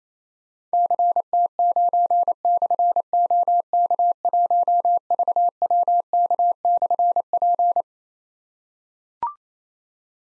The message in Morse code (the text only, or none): CT9/OK1VWK/P